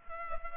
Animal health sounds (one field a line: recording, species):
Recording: mosquito wingbeat signal from an infrared sensor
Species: Culex pipiens